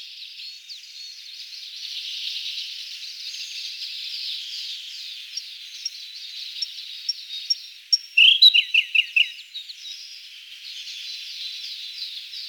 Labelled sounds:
Siberian Blue Robin (Luscinia cyane) song

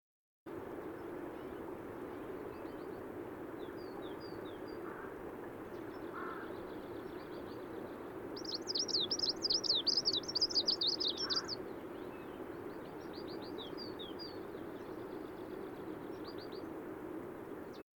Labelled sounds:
Greenish Warbler (Phylloscopus trochiloides) song

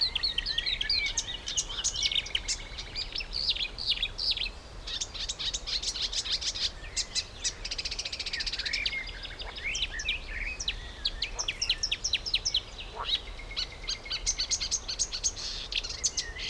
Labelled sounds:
Marsh Warbler (Acrocephalus palustris)

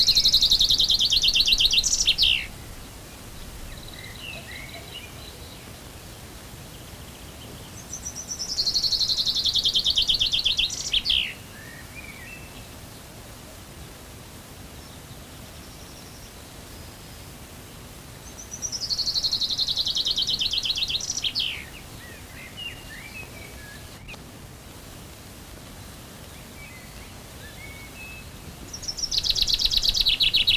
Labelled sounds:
Common Chaffinch (Fringilla coelebs) song

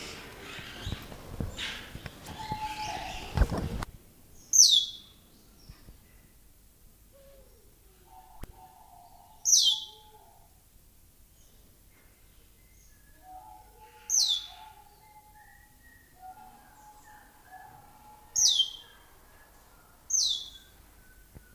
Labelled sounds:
Asian Glossy Starling (Aplonis panayensis) call

